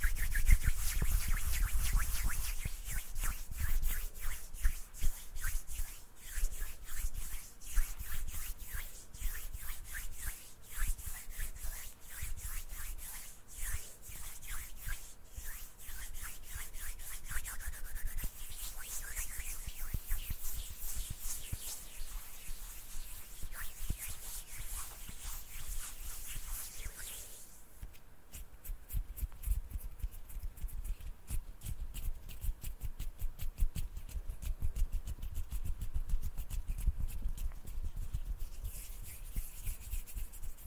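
Hand sounds, a dense, continuous rubbing and brushing with rapid scratchy strokes and a bright hiss in the first half. Around 27 seconds the hiss drops away, leaving duller, softer rubbing with low thumps. Loudness stays fairly even throughout.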